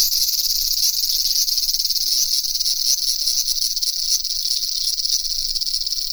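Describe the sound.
Cicadas singing, a shrill buzzing chorus with a fast, ragged pulsing throughout.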